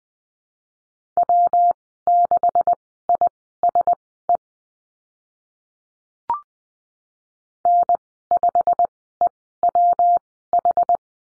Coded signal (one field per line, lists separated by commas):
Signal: Morse code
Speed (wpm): 20 wpm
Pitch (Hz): 700 Hz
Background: none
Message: W6ISE N5EWH